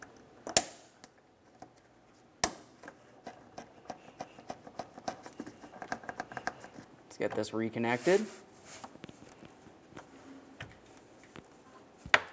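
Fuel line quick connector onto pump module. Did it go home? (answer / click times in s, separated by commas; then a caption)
yes / 12.1 s. A second fuel line quick-connect fitting is pushed onto the fuel pump module nipple of a 2002–2005 Ford Explorer while someone talks. Small handling clicks and rustles come first, then the connector clicks home at 12.1 s with a sharp, loud snap, seating securely.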